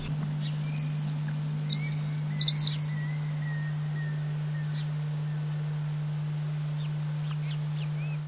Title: LuckyPassaro Completos2Sama. Cattle Tyrant (Machetornis rixosa)